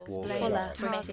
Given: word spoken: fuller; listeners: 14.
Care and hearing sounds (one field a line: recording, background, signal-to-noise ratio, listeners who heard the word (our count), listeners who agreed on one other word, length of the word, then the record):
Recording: one English word in noise, from a listening test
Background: four-talker babble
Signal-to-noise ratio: -2.2 dB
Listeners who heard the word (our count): 0 of 14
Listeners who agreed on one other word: 6 of 14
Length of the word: 0.72 s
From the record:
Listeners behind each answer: 6, 2, 2, 1, 1, 1, 1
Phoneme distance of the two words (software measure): 20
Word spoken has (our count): 2 syllables, 4 phonemes, stress on syllable 1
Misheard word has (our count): 2 syllables, 4 phonemes, stress on syllable 1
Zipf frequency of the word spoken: 3.35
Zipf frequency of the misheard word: 3.98